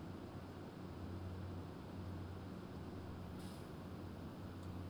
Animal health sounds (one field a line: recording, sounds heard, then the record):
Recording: poultry house recording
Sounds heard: no chicken sound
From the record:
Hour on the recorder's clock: 21